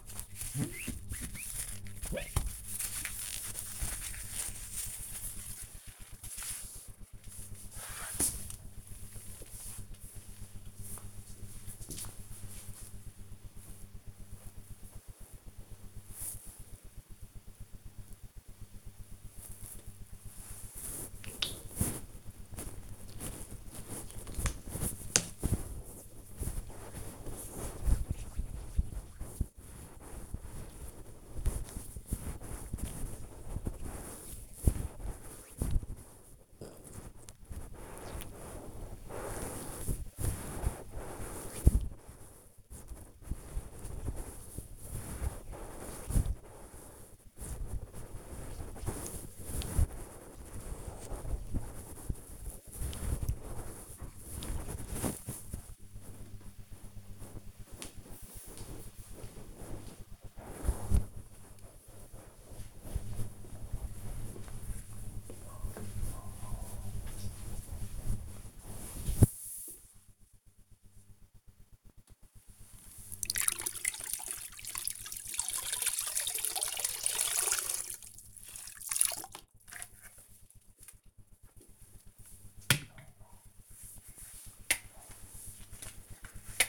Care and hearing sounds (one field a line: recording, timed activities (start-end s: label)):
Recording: household activities, microphone on the right wrist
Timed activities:
0.00-5.94 s: window cleaning
19.03-56.29 s: cream hands
71.34-86.69 s: floor cleaning